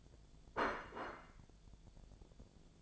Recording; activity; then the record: daily activity, microphone in the room; place plate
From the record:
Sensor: 5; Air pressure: 1000.3 hPa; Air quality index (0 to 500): 127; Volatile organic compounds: 2 ppm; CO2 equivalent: 1007 ppm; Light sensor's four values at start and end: 99/233/99/107 and 98/233/99/107